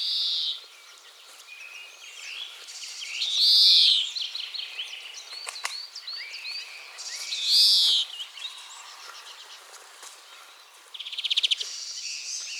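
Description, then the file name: European greenfinch uttering two long, harsh wheezes, surrounded by chirping birds, then a fast buzzy trill near the end. "Chloris chloris"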